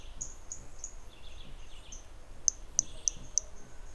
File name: MHNCI Brachy hermogenesi Trilha do Ipiranga ind 1 e unknown starting notes with interruption